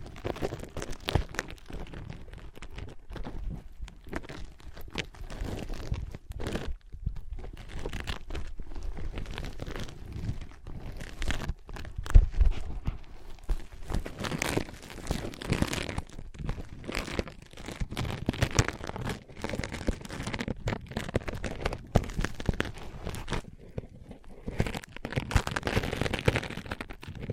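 ASMR tapping, scratching and tracing on ear pads, a dense stream of rustling, scraping and crinkly contact sounds that runs without pause. Quick taps and scratches cluster in bursts, with a slightly louder knock near the middle, and the texture brightens again toward the end.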